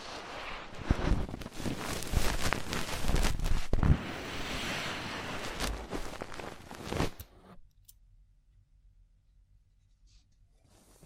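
Fast, intense ear cleaning: dense, rough scratching and rubbing with crackly clicks fills the first seven seconds, loud and busy with quick bursts. Around seven seconds it stops abruptly, leaving only a faint low hum with a few tiny ticks.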